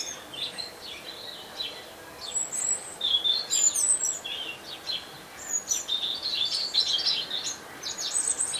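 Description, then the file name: European robin song: high tinkling phrases with slurred notes, coming in waves with short pauses. "Erithacus rubecula"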